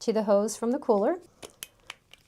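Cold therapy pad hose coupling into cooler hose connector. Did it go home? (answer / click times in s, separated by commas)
yes / 1.6 s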